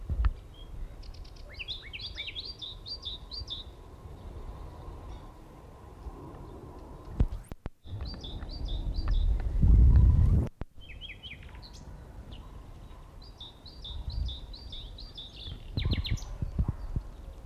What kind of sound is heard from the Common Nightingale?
song